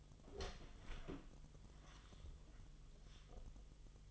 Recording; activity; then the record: daily activity, microphone in the room; open door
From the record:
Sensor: 4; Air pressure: 1005.8 hPa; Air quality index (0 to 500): 71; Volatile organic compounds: 1 ppm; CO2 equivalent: 869 ppm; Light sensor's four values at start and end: 13/31/12/11 and 13/29/11/11